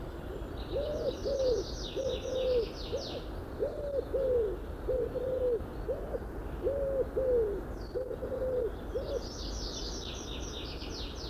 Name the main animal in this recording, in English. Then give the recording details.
Common Wood Pigeon. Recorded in the wild. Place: Schabe, Insel Rügen, Mecklenburg-Vorpommern, DE. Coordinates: 54.57, 13.45. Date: 1970-05-17. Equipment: Nagra III BH, Sennheiser MD 21, parabola. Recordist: Schubert, Michael